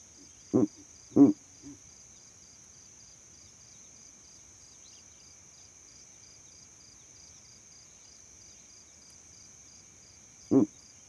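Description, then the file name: Owl hooting: two short low hoots and a soft note, a long quiet gap, then one more hoot near the end, over faint hiss. Owl calls at night. "Elijah Wagner - Calming Owl Calls at Night"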